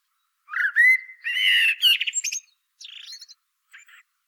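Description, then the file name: Common blackbird song: a loud rising flutey whistle and rich warble, followed by fainter scratchy high twitters trailing off. "Turdus merula"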